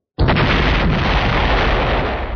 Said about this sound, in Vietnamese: Một tiếng nổ mạnh kinh thiên động địa truyền đến, nội địa sơn mạch trong vòng ngàn dặm đều chấn động, đại địa vỡ ra từng cái khe hở, sơn mạch lắc lư kịch liệt.